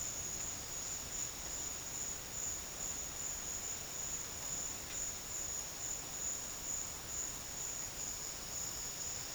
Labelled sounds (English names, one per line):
none